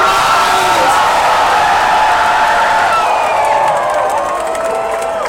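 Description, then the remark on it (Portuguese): A large crowd at an LGBT pride march in Porto in 2023 shouts and cheers continuously, a loud sustained roar of many voices with high whoops and yells rising above it throughout. “Levanta a mão e grita, comunidade LGBT!”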